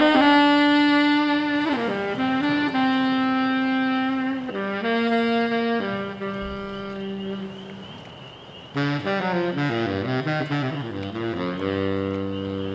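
A baritone saxophone plays long, low sustained notes with gliding bends, then quicker shifting phrases after about nine seconds, full.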